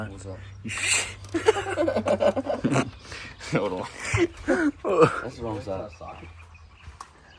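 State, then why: Stripped. A metal bolt is tightened into an aluminium part during a top-end rebuild of a 2013 Honda 110 dirt bike engine, and its thread strips, so it will have to be welded. People talk excitedly throughout, and a single sharp hit is heard at 7.0 seconds.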